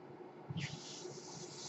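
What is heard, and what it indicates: A low mechanical thump, then a steady rushing hiss of airflow: a home mechanical ventilator delivering a breath to a man who uses it.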